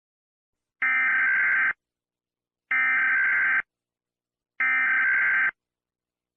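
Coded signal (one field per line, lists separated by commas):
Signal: Emergency Alert System (SAME) tones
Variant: header bursts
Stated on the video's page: Fictional EAS scenario; simulated alert, not a real emergency.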